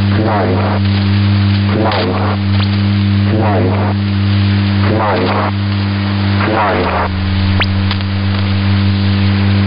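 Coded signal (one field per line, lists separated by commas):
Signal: numbers station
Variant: S06s, Russian female voice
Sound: woman's voice reading short, evenly spaced words over a steady low hum and static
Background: radio static, mains hum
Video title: 20 06 2019 S06s Russian Lady numbers station in Russian to Eu 0930 on 9256 unknown tx site USB+AM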